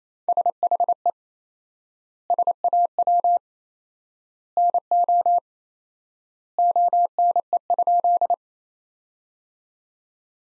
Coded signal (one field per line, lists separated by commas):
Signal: Morse code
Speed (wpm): 28 wpm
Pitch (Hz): 700 Hz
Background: none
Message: SHE SAW NO ONE?